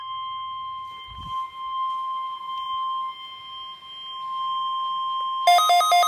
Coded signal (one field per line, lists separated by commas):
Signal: Emergency Alert System (SAME) tones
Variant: 1050 Hz attention tone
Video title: Eas 11 required weekly test